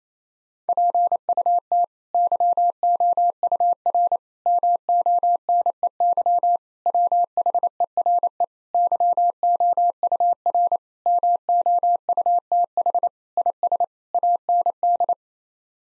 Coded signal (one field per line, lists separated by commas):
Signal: Morse code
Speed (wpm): 27 wpm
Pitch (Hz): 700 Hz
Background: none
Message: PUT YOUR MONEY WHERE YOUR MOUTH IS AND